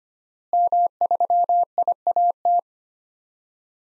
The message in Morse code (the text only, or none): M3IAT